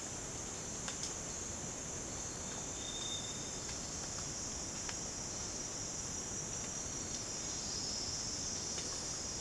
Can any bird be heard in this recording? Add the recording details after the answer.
no. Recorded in dense forest near Puerto Asís, Putumayo, Colombia, on 8 March 2025 at 09:00. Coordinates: 0.486, -76.317. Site G053